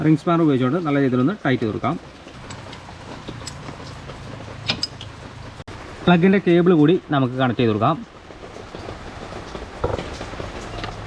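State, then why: Not seated. A spark plug cable cap is handled at the freshly tightened spark plug of a Honda Dio scooter engine while someone talks, with a few short taps and knocks between the speech. The cap has not clicked or seated onto the plug yet.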